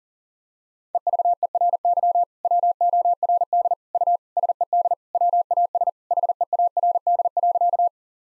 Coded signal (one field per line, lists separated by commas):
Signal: Morse code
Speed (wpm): 40 wpm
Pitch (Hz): 700 Hz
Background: none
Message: EVERY WORD U SED WAS HEARD.